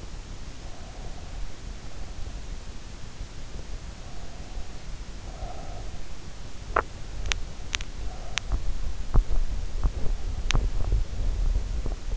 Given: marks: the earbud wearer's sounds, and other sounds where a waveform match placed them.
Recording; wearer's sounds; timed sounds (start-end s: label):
sounds in sleep by an in-ear microphone; breath, teeth grinding
0.23-2.72 s: breath
3.76-6.08 s: breath
6.54-12.17 s: teeth grinding